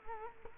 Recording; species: mosquito wingbeat signal from an infrared sensor; Culex quinquefasciatus